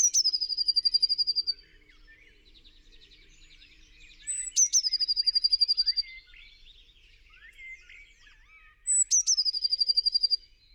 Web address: SETE Cyanistes caeruleus